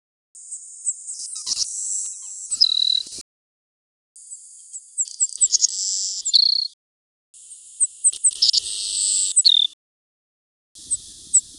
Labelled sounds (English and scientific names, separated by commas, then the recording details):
Savannah Sparrow (Passerculus sandwichensis) song
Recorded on Kent Island, New Brunswick, in 1995